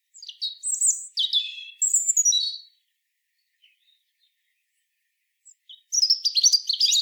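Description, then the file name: European robin song: a rapid run of high sliding whistles and trills, a quiet pause with a few faint notes, then a final bright, jangling burst. "Erithacus rubecula"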